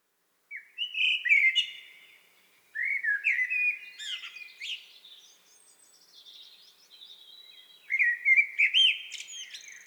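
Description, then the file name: Common blackbird singing three phrases, each opening with low, rich fluted notes and ending in scratchy high-pitched twittering, with short pauses between. "Turdus merula"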